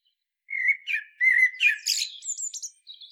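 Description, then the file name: Common blackbird singing a short phrase: a few mellow fluty notes sliding into a high, squeaky, rattling flourish. "Turdus merula"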